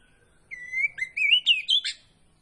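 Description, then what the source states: Magpie-robin song: one rich whistled phrase, rising then breaking into quick varied notes that end in a sharp downward flick. Kacer Poci variety; singing gacor, meaning vigorously.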